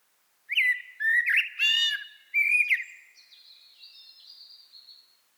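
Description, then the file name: Common blackbird song: a rich fluted warble of several rapid notes, followed by a drawn-out, thin, high twittering tail. "Turdus merula"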